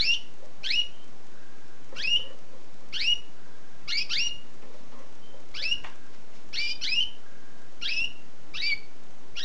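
Canary giving sharp, down-slurred chirps repeated roughly every second, sometimes doubled.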